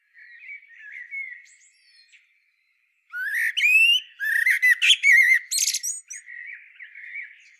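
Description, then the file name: Eurasian blackbird with a quiet, thin twittering start, a brief pause, then a loud series of harsh, grating squawks and chatter, fading to soft notes. "Turdus merula"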